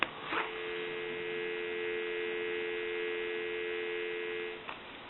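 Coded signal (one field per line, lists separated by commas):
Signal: telephone call progress tone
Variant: North America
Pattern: dial tone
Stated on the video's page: Tone heard through a Western Electric 302 rotary desk telephone during checkout and repair.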